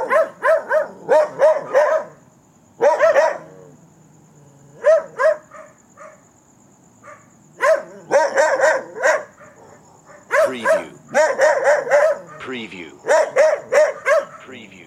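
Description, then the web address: Dogs barking in quick clustered bursts of sharp, harmonic barks separated by short quiet gaps, with a faint steady high tone throughout. Dogs barking at night. "the sound pack tree. dogs barking at night"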